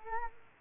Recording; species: mosquito wingbeat signal from an infrared sensor; Culex quinquefasciatus